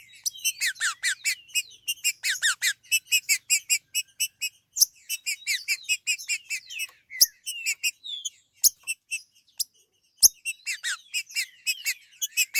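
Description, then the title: Green-winged saltator song: long, rapid strings of high chirps with brief pauses and a few loud clicks. "Trinca Ferro"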